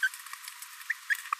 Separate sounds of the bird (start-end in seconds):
0.03-0.08, 0.90-0.93